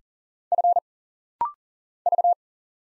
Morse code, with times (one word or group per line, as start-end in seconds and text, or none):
0.5-0.8 F
2.1-2.3 V